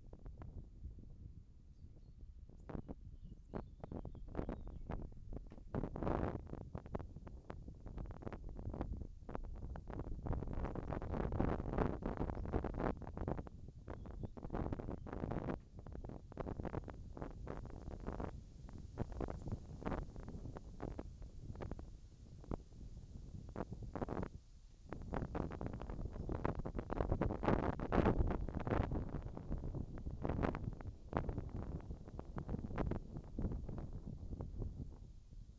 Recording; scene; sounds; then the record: everyday scene through a hearing-aid microphone; wind on the microphone; wind, whistling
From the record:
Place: in front of a rural house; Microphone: in the ear canal, left